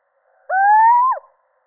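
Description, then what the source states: Little owl producing one plaintive upslurred hoot lasting over half a second, climbing steadily before breaking off with an abrupt falling end. Male.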